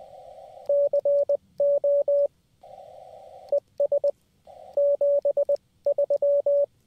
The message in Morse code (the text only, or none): CO ES 73